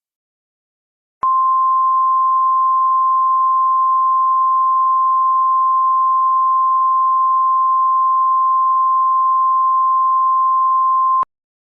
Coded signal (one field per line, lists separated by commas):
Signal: Emergency Alert System (SAME) tones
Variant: 1050 Hz attention tone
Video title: DirecTV EAS Test